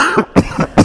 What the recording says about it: Turn the sound off for a moment so I can cough. An individual talk given at All Saints Belfast in 2018.